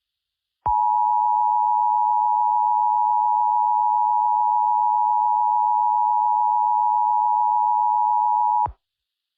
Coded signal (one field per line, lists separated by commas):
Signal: Emergency Alert System (SAME) tones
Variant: 853 and 960 Hz attention tone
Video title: EAS Scenario 3: Buzz.exe